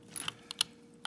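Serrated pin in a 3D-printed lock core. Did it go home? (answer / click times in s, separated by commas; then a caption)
partly / 0.6 s. While picking a 3D-printed pin tumbler lock, a serrated pin in the lock core is pushed up under tension, with faint scraping ticks around it. At 0.6 s one serration catches with a small, sharp click, giving a partial set, but the lock is not yet open.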